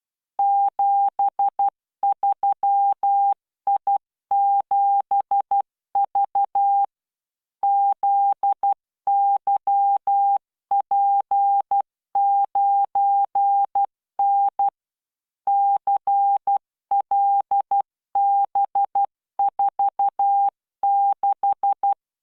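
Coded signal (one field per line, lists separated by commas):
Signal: Morse code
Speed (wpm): 12 wpm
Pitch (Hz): 800 Hz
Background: none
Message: 73I7V ZYP9N CLB46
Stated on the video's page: Morse practice at 12 WPM with standard spacing, generated by LearningMorse training software.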